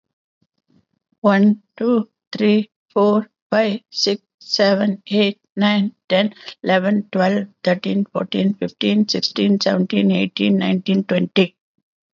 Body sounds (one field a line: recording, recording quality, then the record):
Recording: counting at a normal pace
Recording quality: excellent, no background noise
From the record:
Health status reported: healthy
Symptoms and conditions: hypertension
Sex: female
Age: 79 years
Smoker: not ticked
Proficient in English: yes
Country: India